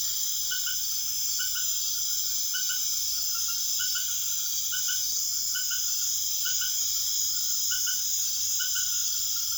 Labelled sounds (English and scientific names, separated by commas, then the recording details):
none
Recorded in secondary vegetation near Puerto Asís, Putumayo, Colombia, on 22 June 2025 at 20:00
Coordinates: 0.500, -76.326
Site GP08